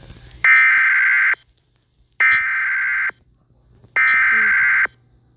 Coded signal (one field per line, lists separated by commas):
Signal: Emergency Alert System (SAME) tones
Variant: header bursts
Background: speech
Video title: eas tornado warning (not for kids)